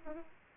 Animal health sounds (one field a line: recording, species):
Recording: mosquito wingbeat signal from an infrared sensor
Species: Aedes aegypti